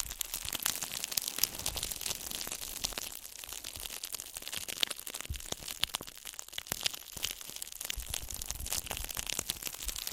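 Gentle crinkling runs steadily throughout, a dense stream of bright, papery crackles with frequent sharp ticks and no pauses.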